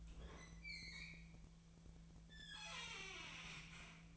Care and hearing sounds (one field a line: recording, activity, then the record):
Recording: daily activity, microphone in the room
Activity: open fridge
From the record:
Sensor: 1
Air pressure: 1009.7 hPa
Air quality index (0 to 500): 193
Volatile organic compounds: 19 ppm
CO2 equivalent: 2641 ppm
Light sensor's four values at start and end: 31/78/33/39 and 30/77/32/38